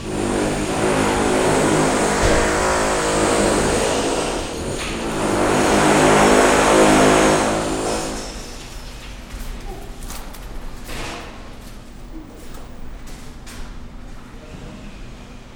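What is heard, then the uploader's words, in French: Renovation work on the south footbridge. A heavy engine drones loudly for about eight seconds, swelling briefly near the middle before dropping away. The remainder is quieter, broken by scattered sharp knocks and clatters over a low mechanical hum. Travaux de rénovation de la passerelle sud.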